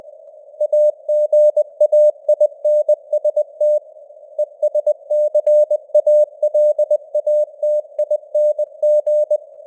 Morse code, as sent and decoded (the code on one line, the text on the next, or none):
.- --. .- .. -. ... - / . ... -.-. .- .-.. .- - .. -. --.
AGAINST ESCALATING